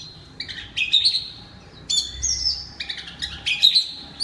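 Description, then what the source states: Oriental magpie-robin song, several phrases of bright whistles with buzzy accents. Loud (keras) song in the ngeplong style.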